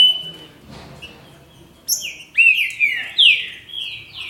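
Green-winged saltator song: thin whistles, then a burst of loud rich whistled notes sliding down and up, with faint high chirps.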